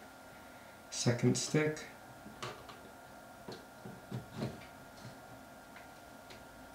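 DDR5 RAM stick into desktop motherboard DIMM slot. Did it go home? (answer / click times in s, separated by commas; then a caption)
no / none. The second Corsair Dominator Platinum RGB DDR5 memory stick is handled at a DIMM slot on the desktop motherboard of a Lenovo Legion 7i Gen 8. Someone talks briefly, followed by faint handling taps and ticks, with one sharper tap at about 2.4 s. Nothing has seated or clicked yet.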